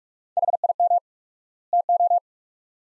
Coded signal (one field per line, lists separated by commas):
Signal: Morse code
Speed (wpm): 47 wpm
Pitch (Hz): 700 Hz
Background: none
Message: HIM TO